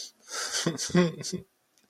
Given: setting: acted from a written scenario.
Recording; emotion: vocal sound without words; sadness